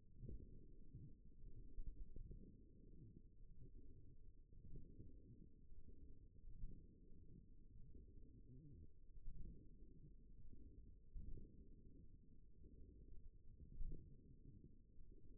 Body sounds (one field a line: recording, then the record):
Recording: forearm muscle sounds (acoustic myography)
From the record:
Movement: forearm supination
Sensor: system 1, eight BSWA MPA416 microphones around the upper forearm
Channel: 1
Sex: female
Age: 21 years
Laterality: right